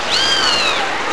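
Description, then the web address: Bird giving a single drawn-out high whistle that rises slightly then slowly falls, with a second, lower parallel tone, over steady hiss. Recorded in Brazil in 2005; species unidentified. "Brazil 2005 Birds sounds unknown"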